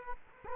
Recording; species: mosquito wingbeat signal from an infrared sensor; Culex quinquefasciatus